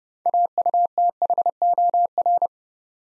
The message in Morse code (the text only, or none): AUTHOR